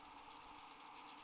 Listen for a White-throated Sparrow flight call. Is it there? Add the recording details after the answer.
no. No flight call is heard. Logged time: 07:10 on 30 November 2014